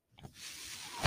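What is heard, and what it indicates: A soft airy hiss swells steadily over about a second, with a couple of faint tonal blips at its start and a louder rush at the end. It is the airflow noise of a home mechanical ventilator running in the background.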